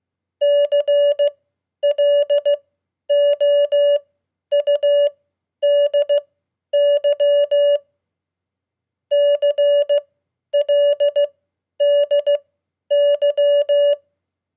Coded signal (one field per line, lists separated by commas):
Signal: Morse code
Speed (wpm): 16 wpm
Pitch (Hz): 580 Hz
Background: none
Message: CLOUDY CLDY